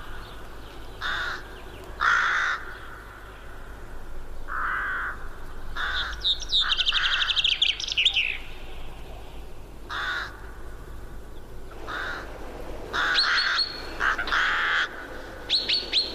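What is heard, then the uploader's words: Birds call in a forest, with short harsh calls repeated every second or two, some with a crow-like rasp. A quick run of bright chirps comes around seven seconds, and higher tweets cluster near the end over a steady low rumble. Sounds of nature. Live in forest.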